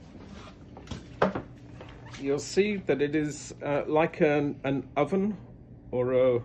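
The power supply plug of an Aqua uno portable water treatment unit is lined up and pushed into its wall socket, giving one sharp, loud hit at 1.2 s as it seats. Someone talks afterward.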